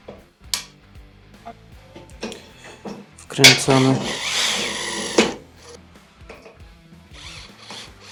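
A plastic fitting is pushed onto a concealed toilet mounting frame and clicks into place, seated, with a sharp, loud snap at 0.5 s. Someone talks over background music, and a louder, noisy stretch follows from about 3.4 to 5.3 s.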